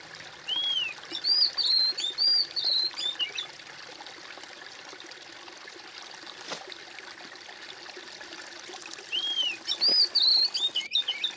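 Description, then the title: Bird song: two phrases of clear arched whistles separated by a long stretch of hiss. "kOMPILASI suara bird"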